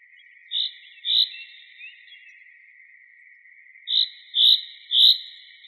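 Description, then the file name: Common chaffinch calls: short, sharp, high notes given as a pair and then a group of three, with a pause between the two bursts. "Fringilla coelebs"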